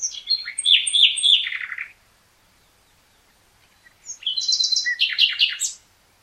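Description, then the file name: Common nightingale song: two loud, complex phrases of rapid repeated notes and rattling chirps, split by a two-second pause. "Luscinia megarhynchos"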